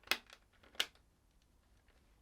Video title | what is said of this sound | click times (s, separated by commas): SUPER5 OLED - Product Overview & Installation Guide Part 1 | put it around the top and watch out for the shoulder buttons and you just want to get it to clip into place around the R2 and L2 | 0.1 s, 0.8 s